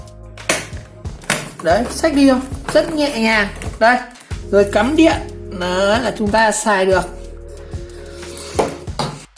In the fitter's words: Nó sẽ ăn vào cái cờ này, kêu cạch một cái.